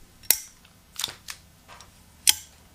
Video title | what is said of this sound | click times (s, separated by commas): LIVE Advanced Band Class - Wed, June 10 - SEE BELOW FOR SHEET MUSIC DOWNLOADS ⬇️ | And then the feet snap into place. | 0.3 s, 2.3 s